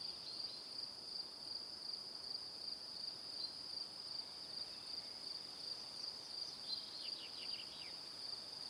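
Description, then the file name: Steady high cricket chirping, joined near the end by a quick series of descending clicky notes. Evening. "Calm - Evening Crickets"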